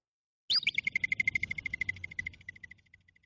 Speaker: So to end the episode, I think I'll play you some lovely groundhog / woodchuck / whistle pig sounds, so you will see why they are also called whistle pigs.